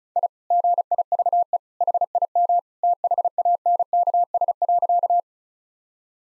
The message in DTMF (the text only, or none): none